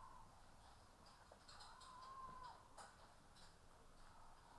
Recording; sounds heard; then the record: poultry house recording; healthy chickens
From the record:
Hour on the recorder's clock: 14